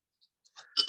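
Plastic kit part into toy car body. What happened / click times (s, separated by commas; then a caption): The plastic kit part clicked into place / 0.8 s. A plastic part of a wind-power car kit, which earlier did not click in all the way, is pushed again into the toy car body. After a few faint ticks and a rising scrape of plastic, it clicks in at 0.8 s and is seated.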